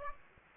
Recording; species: mosquito wingbeat signal from an infrared sensor; Aedes aegypti